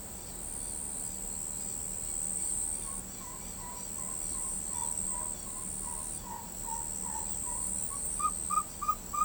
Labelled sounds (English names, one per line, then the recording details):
none
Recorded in pastures near Pivijay, Magdalena, Colombia, on 14 April 2023 at 00:30
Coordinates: 10.456, -74.369
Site P6-G026